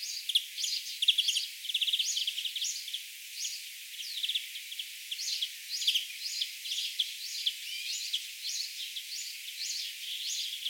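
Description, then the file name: European greenfinch twittering, a busy run of short high chirps and brief buzzy trills, steady throughout. "Chloris chloris"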